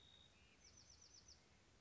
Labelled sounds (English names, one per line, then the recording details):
Bewick's Wren
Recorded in Sonoma County, California